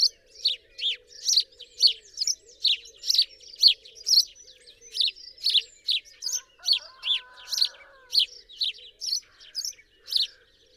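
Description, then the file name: House sparrow, rapid repeated harsh chirps, slightly uneven rhythm, with brief faint twittering in the middle and a soft low hum. "Passer domesticus"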